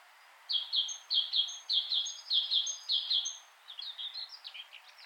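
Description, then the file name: Great tit giving a run of repeated high clipped notes, then quieter jumbled notes at the end, with soft background hiss. "Parus major"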